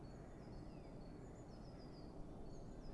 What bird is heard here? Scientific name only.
Cyanistes caeruleus